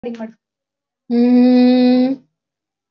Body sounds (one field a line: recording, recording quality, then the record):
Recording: sustained vowel as in boot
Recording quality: moderate, slight background noise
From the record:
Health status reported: recovered from COVID-19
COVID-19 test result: positive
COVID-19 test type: RT-PCR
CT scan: not taken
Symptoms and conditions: cough, cold, fever, loss of smell and taste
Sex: female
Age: 36 years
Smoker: no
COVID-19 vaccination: both doses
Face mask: worn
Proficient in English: yes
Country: India